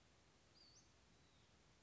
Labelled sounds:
Western Flycatcher
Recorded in Sonoma County, California

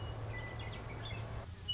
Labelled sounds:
Western Meadowlark
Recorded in Sonoma County, California

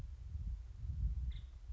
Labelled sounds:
Nuttall's Woodpecker
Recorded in Sonoma County, California

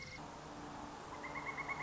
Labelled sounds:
Pileated Woodpecker
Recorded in Sonoma County, California

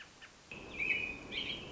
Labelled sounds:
American Robin
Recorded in Sonoma County, California

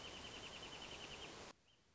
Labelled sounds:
Wrentit
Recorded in Sonoma County, California

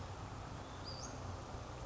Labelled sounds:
Western Flycatcher
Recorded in Sonoma County, California

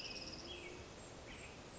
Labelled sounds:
American Robin
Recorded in Sonoma County, California

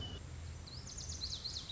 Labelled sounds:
Lazuli Bunting
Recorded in Sonoma County, California

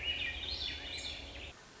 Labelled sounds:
Swainson's Thrush
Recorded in Sonoma County, California

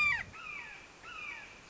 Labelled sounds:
Red-shouldered Hawk
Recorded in Sonoma County, California

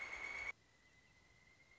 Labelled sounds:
Pileated Woodpecker
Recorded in Sonoma County, California

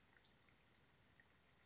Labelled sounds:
Western Flycatcher
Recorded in Sonoma County, California

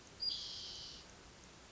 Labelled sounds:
Spotted Towhee
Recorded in Sonoma County, California

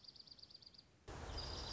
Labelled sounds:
Dark-eyed Junco
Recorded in Sonoma County, California

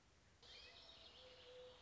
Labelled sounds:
Mourning Dove
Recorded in Sonoma County, California

